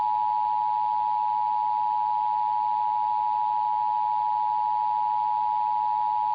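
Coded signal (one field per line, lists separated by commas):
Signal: Emergency Alert System (SAME) tones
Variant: 853 and 960 Hz attention tone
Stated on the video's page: EAS Required Monthly Test.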